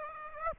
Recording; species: mosquito wingbeat signal from an infrared sensor; Aedes aegypti